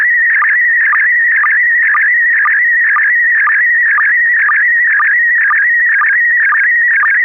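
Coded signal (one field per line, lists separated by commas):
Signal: SSTV (slow-scan television)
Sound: continuous warbling, chirping tone with a steady rhythmic tick about twice per second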